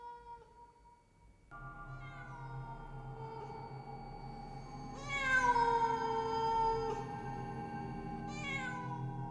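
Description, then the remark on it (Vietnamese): A cat meows in long, drawn-out, wavering cries, the pitch swelling and growing louder midway before another yowl starts near the end. No one speaks. “Vào trong tai của những thường nhân ở bên kia đang hoảng loạn, thì bọn họ nghe giống như là tiếng mèo đang kêu vậy.”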